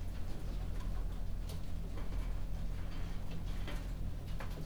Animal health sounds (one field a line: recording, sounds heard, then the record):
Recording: poultry house recording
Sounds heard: no chicken sound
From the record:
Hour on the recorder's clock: 22